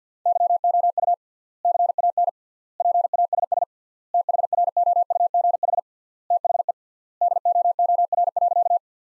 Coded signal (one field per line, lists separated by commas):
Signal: Morse code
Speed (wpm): 50 wpm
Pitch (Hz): 700 Hz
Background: none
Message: YOU CAN PASS THROUGH THE DOOR.